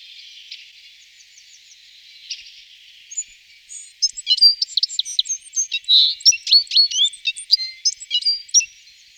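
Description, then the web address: Citril finch song: faint thin notes at first, then after about four seconds a rapid jumble of high twittering notes. Song, recorded in 2004. "gesang. roche 2004 zitronengirlitz"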